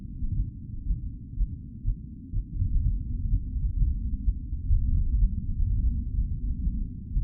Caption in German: Mein Herzschlag nach dem Aufstieg.